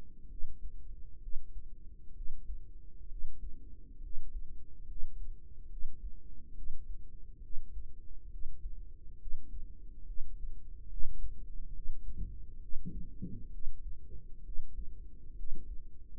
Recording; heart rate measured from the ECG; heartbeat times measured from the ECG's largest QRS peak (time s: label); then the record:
heart sounds by microphone in the right ear; 68 bpm
0.28 s: heartbeat
1.19 s: heartbeat
2.13 s: heartbeat
3.07 s: heartbeat
4.00 s: heartbeat
4.85 s: heartbeat
5.67 s: heartbeat
6.53 s: heartbeat
7.40 s: heartbeat
8.28 s: heartbeat
9.17 s: heartbeat
10.03 s: heartbeat
10.87 s: heartbeat
11.70 s: heartbeat
12.58 s: heartbeat
13.49 s: heartbeat
14.41 s: heartbeat
15.34 s: heartbeat
From the record:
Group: healthy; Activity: rest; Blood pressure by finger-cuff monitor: 114/58 mmHg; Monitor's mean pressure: 73 mmHg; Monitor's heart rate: 68 bpm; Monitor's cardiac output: 5.7 L/min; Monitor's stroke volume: 83 mL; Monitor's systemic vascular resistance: 920 dyn s/cm5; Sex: female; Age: 32 years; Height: 168 cm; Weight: 61.9 kg